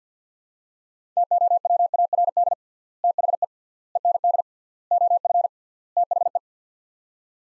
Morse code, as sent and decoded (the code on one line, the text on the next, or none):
- --- .-- .- .-. -.. / - .... . / . -. -.. / --- ..-. / - .... .
TOWARD THE END OF THE